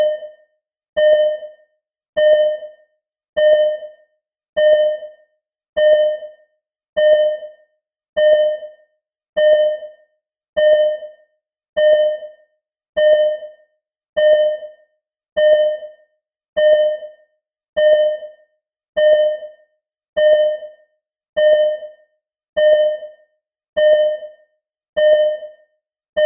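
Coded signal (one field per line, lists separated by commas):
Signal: none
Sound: heart monitor beeping sound effect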